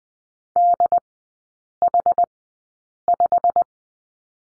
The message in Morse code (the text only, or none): DH5